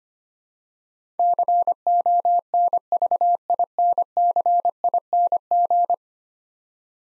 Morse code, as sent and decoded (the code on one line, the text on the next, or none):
-.-. --- -. ...- .. -. -.-. .. -. --.
CONVINCING